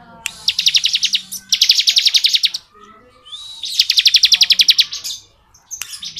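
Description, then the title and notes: Bar-winged prinia song, rapid buzzy trills repeated with brief pauses, interspersed with a few sharp high chips. Ngebren song style of the ciblek, used as training audio for white-rumped shamas (murai batu). "Ciblek Ngebren Untuk Masteran Murai Batu. Suara burung ciblek - Suara Nada"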